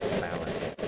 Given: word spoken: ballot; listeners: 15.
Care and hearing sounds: one English word in noise, from a listening test; noise modulated by three-talker babble; -4.2 dB; 0 of 15; 7 of 15; 0.48 s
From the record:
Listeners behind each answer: 7, 1, 1, 1, 1, 1, 1, 1, 1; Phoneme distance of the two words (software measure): 31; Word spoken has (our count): 2 syllables, 5 phonemes, stress on syllable 1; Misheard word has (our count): 2 syllables, 4 phonemes, stress on syllable 1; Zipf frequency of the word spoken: 3.94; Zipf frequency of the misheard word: 4.50

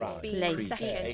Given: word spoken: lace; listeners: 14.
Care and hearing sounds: one English word in noise, from a listening test; four-talker babble; 0.6 dB; 6 of 14; 6 of 14; 0.74 s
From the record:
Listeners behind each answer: 6, 6, 1, 1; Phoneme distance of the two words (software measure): 7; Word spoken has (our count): 1 syllable, 3 phonemes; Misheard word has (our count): 1 syllable, 4 phonemes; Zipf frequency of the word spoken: 3.73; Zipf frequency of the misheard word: 5.78

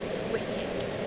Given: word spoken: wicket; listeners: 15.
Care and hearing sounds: one English word in noise, from a listening test; speech-shaped noise; -5.0 dB; 1 of 15; 14 of 15; 0.67 s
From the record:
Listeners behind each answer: 14, 1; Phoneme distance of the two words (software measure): 10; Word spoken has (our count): 2 syllables, 5 phonemes, stress on syllable 1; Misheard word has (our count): 2 syllables, 5 phonemes, stress on syllable 1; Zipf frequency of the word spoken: 3.60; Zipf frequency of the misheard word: 4.16

